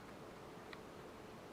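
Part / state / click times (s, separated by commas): eyepiece barrel threading onto eyepiece lens housing / seated / 0.7 s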